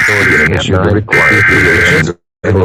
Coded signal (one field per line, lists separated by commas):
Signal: Emergency Alert System (SAME) tones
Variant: header bursts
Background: speech